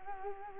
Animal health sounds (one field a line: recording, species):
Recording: mosquito wingbeat signal from an infrared sensor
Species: Culex quinquefasciatus